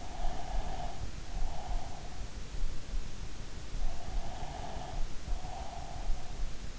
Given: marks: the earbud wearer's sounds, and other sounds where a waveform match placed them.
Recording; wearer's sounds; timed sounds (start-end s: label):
sounds in sleep by an in-ear microphone; breath
0.00-2.26 s: breath
3.80-6.45 s: breath